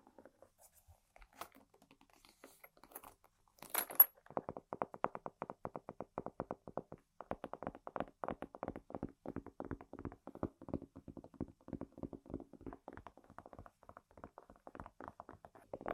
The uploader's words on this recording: ASMR Tapping & Scratching On Random Objects (No Talking).